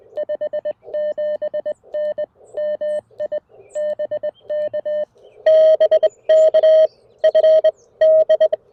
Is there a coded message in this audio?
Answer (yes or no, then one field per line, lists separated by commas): yes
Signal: Morse code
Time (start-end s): 0.2-8.5 s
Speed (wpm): 21 wpm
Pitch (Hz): 590 Hz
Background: none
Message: 57N MI BK BK FD